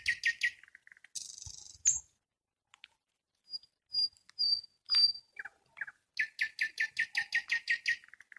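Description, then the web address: Nightingale song: a quick click series, a harsh rasp, pure whistled notes after a pause, then a long fast rattle of repeated sharp notes. "spiew slowika slowik wiejski"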